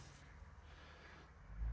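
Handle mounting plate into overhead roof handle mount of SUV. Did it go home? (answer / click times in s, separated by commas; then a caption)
no / none. A mounting plate for an overhead quick-disconnect paracord handle is picked up and moved toward the overhead roof handle mount of a 5th Gen 4Runner SUV before being lined up. A steady low background hum is heard, with a brief low-frequency swell around 1.6–1.7 s. Nothing has seated or clicked yet.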